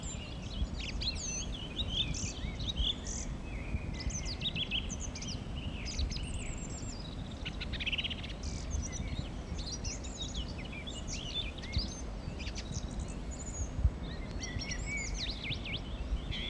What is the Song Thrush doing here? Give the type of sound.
song